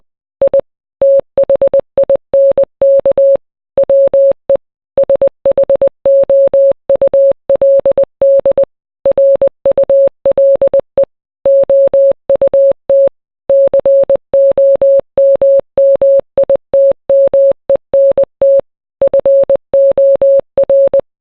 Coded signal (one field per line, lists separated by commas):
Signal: Morse code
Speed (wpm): 20 wpm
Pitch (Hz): 550 Hz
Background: none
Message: I THINK WE SHOULD RULE OUT COMMITMENT FOR